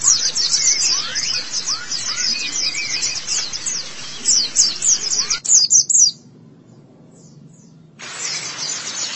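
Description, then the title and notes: White-eye song: quick high chirps and some slurred notes, then a sudden two-second silence before the twittering resumes. "Kicauan Burung Pleci Durasi Panjang. Suara kicauan burung pleci"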